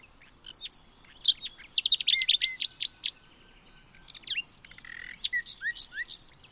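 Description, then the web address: Bird song: a fast run of bright, high staccato notes, then a softer passage of slurred whistles and chips. "birddata Deverinetal 2025 Bird Only Lu Me"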